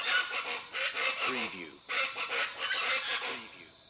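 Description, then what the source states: Jungle birds giving harsh, raspy, honking squawks in rapid uneven bursts, with a short break near the middle before the calling resumes. Jungle birds, described as crazy.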